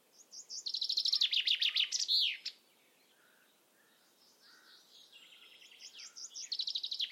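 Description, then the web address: Common chaffinch song: a quick cascade of ringing notes dropping in pitch and closing with a flourish, then a second phrase starting toward the end. "Deverinetal"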